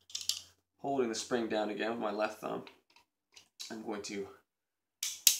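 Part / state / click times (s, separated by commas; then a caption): magazine extension base onto pistol magazine body / seated / 5.0 s, 5.3 s. A Cain Arms magazine extension base for a Glock 42 or 43 is slid onto the pistol magazine body while the spring is held down with the left thumb, as someone talks. Snaps are heard at 5.0 and 5.3 seconds as the extension seats flush against the bottom of the magazine.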